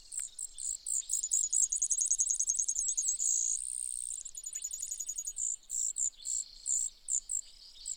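Brewer's sparrow singing very high, rapid chattering trills with a steady buzzy stretch in the middle, then more trills and separate short notes.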